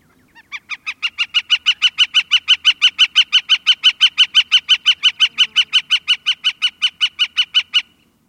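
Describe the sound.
Gilded Flicker giving a rapid, even series of many sharp wik notes, steady in pitch, building in volume over the first second and then holding steady.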